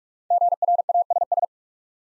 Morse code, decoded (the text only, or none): GRASS